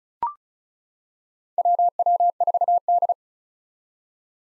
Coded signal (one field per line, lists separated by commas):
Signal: Morse code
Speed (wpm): 34 wpm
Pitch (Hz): 700 Hz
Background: none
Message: WW4D